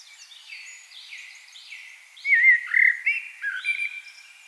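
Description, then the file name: Common blackbird singing: soft high twittering at first, then loud fluted whistles, followed by softer warbled notes. "Turdus merula"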